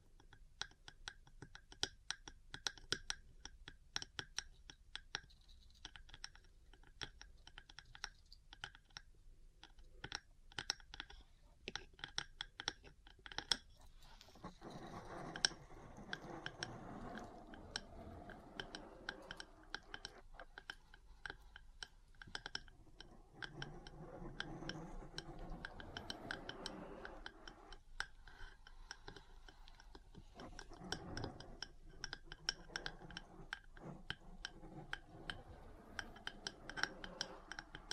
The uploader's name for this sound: Metal Parts Tapping & Scratching